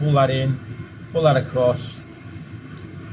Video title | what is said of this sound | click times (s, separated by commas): pickling onions with spices | the blade locks in it will not come | 2.8 s